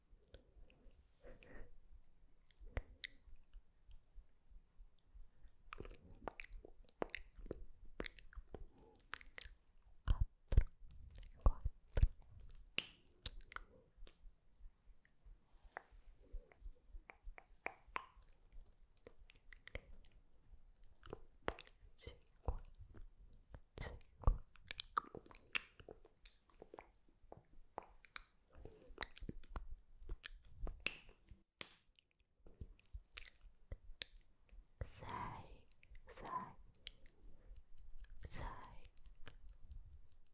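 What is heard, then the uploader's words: Sticky mouth sounds of lip gloss being layered on, with wet smacks and crisp pops coming in rapid, irregular bursts throughout. Brief pauses break up the clusters, and soft whispered speech drifts in now and then, most clearly near the end. 100 LAYERS OF LIPGLOSS ASMR.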